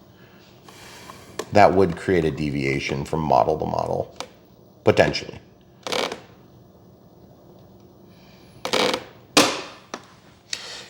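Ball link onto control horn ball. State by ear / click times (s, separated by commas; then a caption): not seated / none. Someone talks, then tries to press a plastic ball link onto a control horn ball on an Avios Twin Otter 1600mm model, making short plastic taps and scrapes around 5.9, 8.7, 9.4 and 10.5 seconds. The ball link fails to snap on, so nothing has seated or clicked yet.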